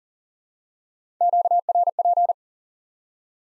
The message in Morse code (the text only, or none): QRP